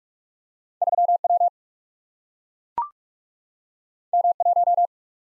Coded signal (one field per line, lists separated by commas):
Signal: Morse code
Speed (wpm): 44 wpm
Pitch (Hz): 700 Hz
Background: none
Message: 3W M1